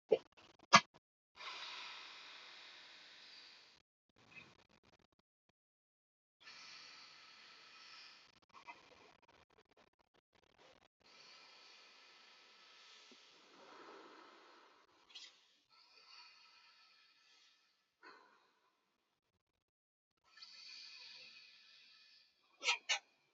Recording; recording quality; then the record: deep breathing; excellent, no background noise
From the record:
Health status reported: healthy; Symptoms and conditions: none ticked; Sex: male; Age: 40 years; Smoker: not ticked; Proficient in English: yes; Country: India